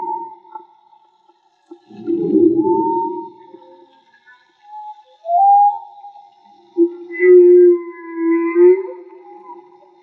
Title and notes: CANTO DE BALLENAS MAGMA. Grabación de campo y construcción dehidrofonos DIY: Jorge Barco